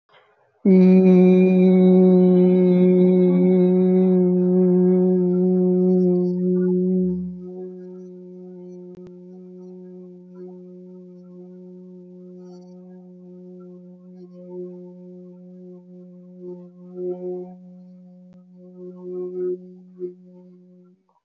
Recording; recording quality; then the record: sustained vowel as in beet; excellent, no background noise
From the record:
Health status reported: healthy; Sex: male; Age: 23 years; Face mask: not worn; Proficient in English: yes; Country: India